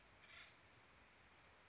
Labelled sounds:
Acorn Woodpecker
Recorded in Sonoma County, California

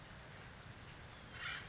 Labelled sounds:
Acorn Woodpecker
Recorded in Sonoma County, California

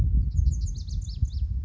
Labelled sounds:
Lazuli Bunting
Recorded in Sonoma County, California

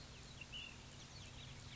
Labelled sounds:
Ash-throated Flycatcher
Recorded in Sonoma County, California

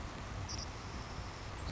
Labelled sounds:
Savannah Sparrow
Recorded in Sonoma County, California

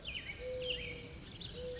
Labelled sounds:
Mourning Dove
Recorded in Sonoma County, California

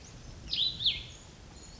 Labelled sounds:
Cassin's Vireo
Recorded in Sonoma County, California

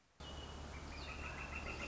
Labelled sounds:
Northern Flicker
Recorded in Sonoma County, California

